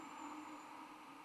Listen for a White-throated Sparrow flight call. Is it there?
no